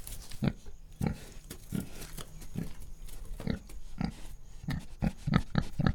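Pig breathing: low, snuffling breaths repeated in a steady series, with soft noise between them.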